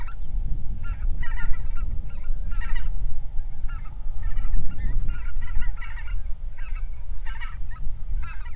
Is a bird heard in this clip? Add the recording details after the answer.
yes. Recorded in the Prudhoe Bay oil fields, Alaska, on 31 July 2019 at 07:58. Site 24